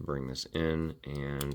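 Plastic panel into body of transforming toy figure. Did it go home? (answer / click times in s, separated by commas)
no / none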